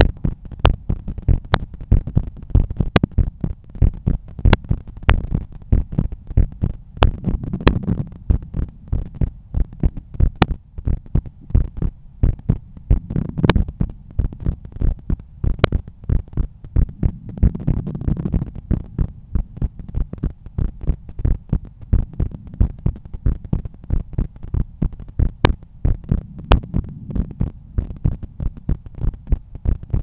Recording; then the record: heart sounds by stethoscope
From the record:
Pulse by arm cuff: 98 bpm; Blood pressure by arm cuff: 121/81 mmHg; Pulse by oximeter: 96 bpm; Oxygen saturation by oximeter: 98%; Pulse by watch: 97 bpm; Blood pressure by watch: 119/80 mmHg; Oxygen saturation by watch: 96%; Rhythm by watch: sinus rhythm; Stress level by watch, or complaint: high stress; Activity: office activities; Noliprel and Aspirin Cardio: after pills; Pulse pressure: 40 mmHg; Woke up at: 6:50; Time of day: 18:00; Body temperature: 36.5 C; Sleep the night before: 8 h 16 min, score 66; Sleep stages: REM 20%, light 64%, deep 6%, awake 10%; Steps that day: 6850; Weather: cloudy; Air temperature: 18.7 C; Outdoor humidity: 89%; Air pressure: 1008 hPa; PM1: 0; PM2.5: 1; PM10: 2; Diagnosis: hypertension, treated with Noliprel and Aspirin Cardio 100 mg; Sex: male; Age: 53 years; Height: 174 cm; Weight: 81 kg